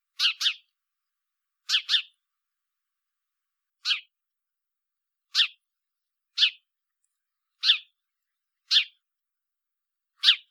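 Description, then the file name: House sparrow chirping, brisk double chirps at the start, then single chirps about every second, ten notes in total against quiet surroundings. "Passer domesticus"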